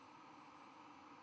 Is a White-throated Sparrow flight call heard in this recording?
no